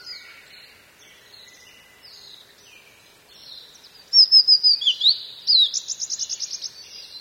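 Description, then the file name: Blue-and-white flycatcher song: faint high notes at first, then a loud burst of sweeping whistles leading into a fast, evenly spaced string of harsh, buzzy notes. "ooruri"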